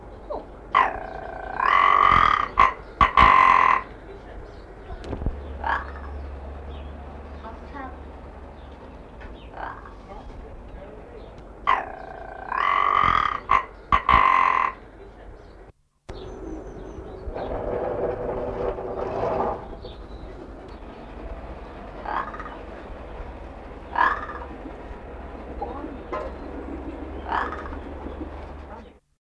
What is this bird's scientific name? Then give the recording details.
Lagopus muta. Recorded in captivity. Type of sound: call. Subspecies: helvetica. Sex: male. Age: adult. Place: Alpenzoo Innsbruck, Tirol, AT. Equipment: Halbspur, 9,5 cm/s. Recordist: Lütgens, Hans. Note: Hahn